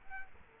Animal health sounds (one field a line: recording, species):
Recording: mosquito wingbeat signal from an infrared sensor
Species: Culex quinquefasciatus